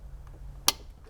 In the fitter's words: go it clicked in and last but not least the left connector the